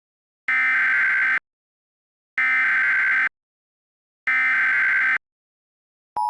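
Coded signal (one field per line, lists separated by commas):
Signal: Emergency Alert System (SAME) tones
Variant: header bursts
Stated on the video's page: Fictional EAS scenario.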